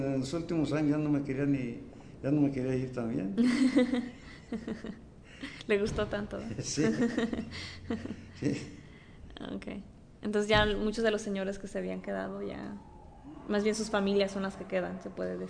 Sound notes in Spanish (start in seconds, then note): 3.4 risas; 6.7 risas